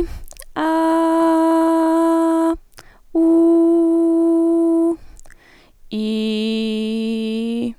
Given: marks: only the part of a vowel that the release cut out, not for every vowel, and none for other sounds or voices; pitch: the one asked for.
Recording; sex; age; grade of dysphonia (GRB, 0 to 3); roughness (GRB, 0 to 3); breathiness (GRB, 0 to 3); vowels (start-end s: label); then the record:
sustained vowels; female; 20 to 29 years; 0; 0; 0
0.74-2.28 s: vowel /a/, high pitch
3.32-4.79 s: vowel /u/, high pitch
6.45-7.56 s: vowel /i/, low pitch
From the record:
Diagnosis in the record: healthy voice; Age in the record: 20 years